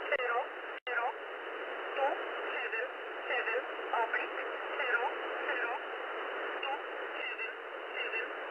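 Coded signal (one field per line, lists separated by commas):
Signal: numbers station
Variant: E11 Oblique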